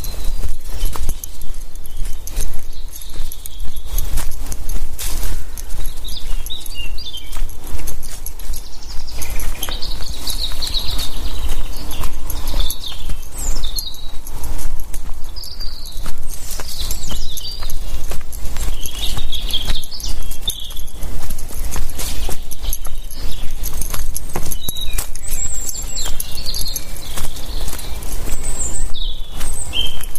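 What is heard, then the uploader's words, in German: A walk in the forest, with dense crunching footsteps ticking steadily for the whole thirty seconds over a low rumble. Birds chirp brightly above, sparse at first and busier from around ten seconds on, with quick repeated calls late in the clip. Ein Spaziergang im Wald zum ersten Mal aufgenommen mit dem Shure MV88.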